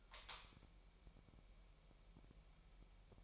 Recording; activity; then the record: daily activity, microphone in the room; light on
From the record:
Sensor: 1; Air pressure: 1001.9 hPa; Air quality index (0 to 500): 247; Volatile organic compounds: 51 ppm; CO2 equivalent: 3310 ppm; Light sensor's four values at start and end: 5/11/4/5 and 14/45/18/19